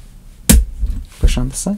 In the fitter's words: you heard that two clicks